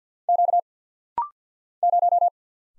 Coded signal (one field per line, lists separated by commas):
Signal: Morse code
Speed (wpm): 50 wpm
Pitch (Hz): 700 Hz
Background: none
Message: Q 0